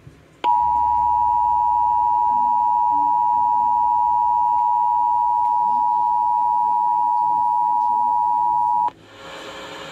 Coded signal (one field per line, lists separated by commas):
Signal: Emergency Alert System (SAME) tones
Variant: 853 and 960 Hz attention tone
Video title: Indiana Required Monthly Test on WOWO